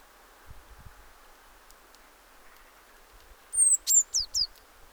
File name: Cyanistes caeruleus